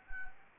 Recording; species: mosquito wingbeat signal from an infrared sensor; Anopheles arabiensis